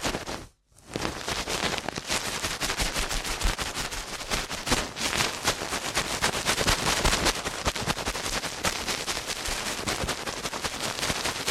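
Ear cleaning at helicopter speed: a dense, rapid-fire rattle of scratchy crackles and taps that runs almost without pause. After a brief silent gap just before the first second, the fast clatter returns and stays steady and bright for the rest of the clip.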